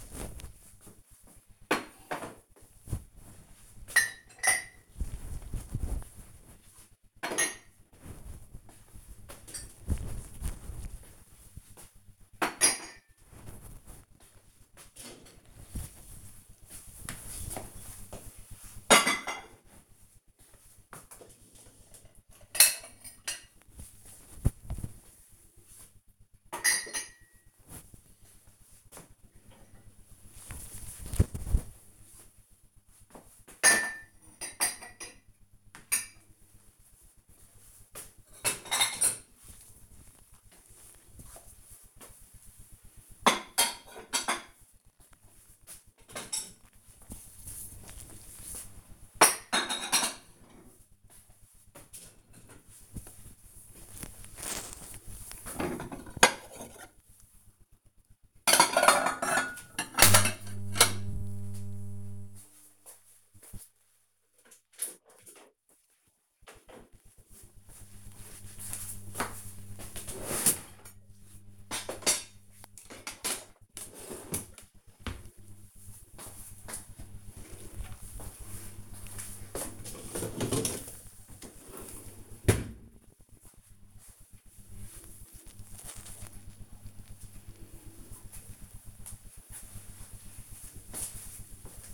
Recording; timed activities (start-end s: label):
household activities, microphone on the right wrist
0.00-82.23 s: cleaning out the dishwasher